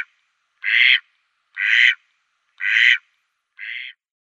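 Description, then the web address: Mallard quacks: four harsh, nasal quacks spaced about one second apart, the last one softer. Male. "Schulze Peter Mallard"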